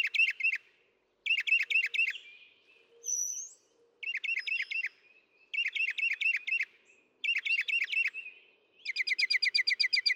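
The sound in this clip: Northern mockingbird song: a jerky, squeaky phrase repeated in five bouts with short pauses, followed by a fast rattling trill.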